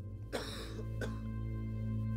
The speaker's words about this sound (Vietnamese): Tam gia thở dài, ho sù sụ, một hồi mới lên tiếng đáp